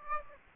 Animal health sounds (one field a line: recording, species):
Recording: mosquito wingbeat signal from an infrared sensor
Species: Aedes aegypti